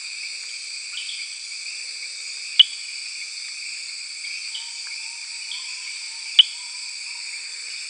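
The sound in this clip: Eleutherodactylus inguinalis frog giving two brief, sharp clicks about four seconds apart against a continuous buzzing insect chorus.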